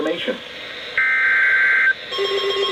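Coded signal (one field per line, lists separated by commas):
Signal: Emergency Alert System (SAME) tones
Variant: header bursts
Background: speech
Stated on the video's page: Real severe weather alerts received from NOAA weather radio stations, FM radio stations and TV subchannels.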